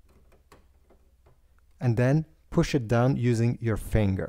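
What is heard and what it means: An ink cartridge is lined up in its specific slot in the carriage of an Epson XP-4200 printer, with its contacts facing the printer's contacts. The first 1.8 seconds hold faint ticks and small handling sounds, then someone talks. The cartridge is not yet pushed down, and nothing has seated or clicked yet.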